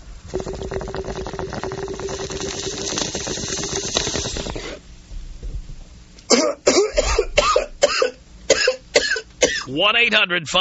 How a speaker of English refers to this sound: But I was wondering maybe if you could take me out with a bong rip with a cough on it. Here you go,